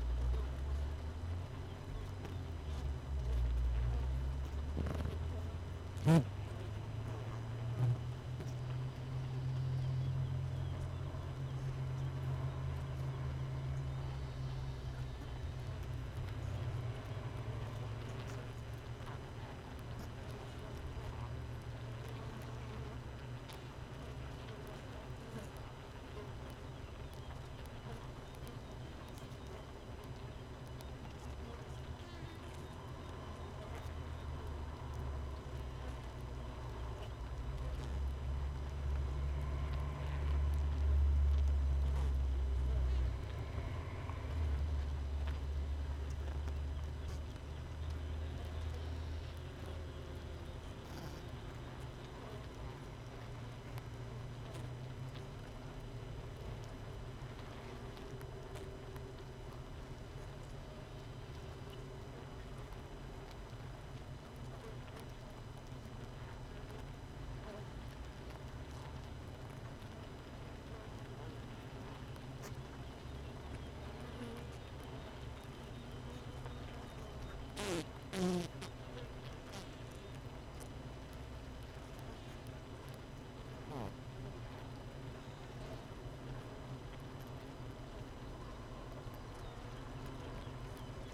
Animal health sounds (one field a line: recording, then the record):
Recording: honeybee colony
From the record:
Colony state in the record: missing queen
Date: 31 May 2018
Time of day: 5:26